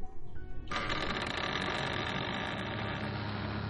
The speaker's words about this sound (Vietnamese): Tiếng mở cổng vang lên, phá tan bầu không khí bữa cơm.